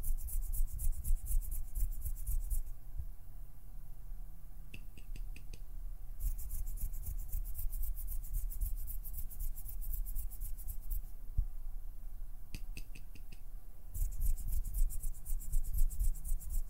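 Finger plucking and pinching sounds made of rapid, fluttering clicks that come in dense bursts, roughly 0–2.5, 6–11 and 14–17 seconds, with quieter sparse ticking between. A low rumble and faint steady hum run underneath throughout.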